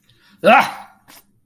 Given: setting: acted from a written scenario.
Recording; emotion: vocal sound without words; fear